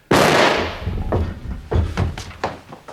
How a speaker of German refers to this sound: Der Schuss hatte den Inspektor um Haaresbreite verfehlt.